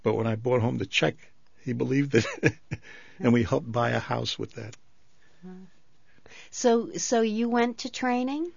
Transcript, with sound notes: But when I brought home the check, he believed it. ( he laughs ) And we helped buy a house with that.
So you went to training?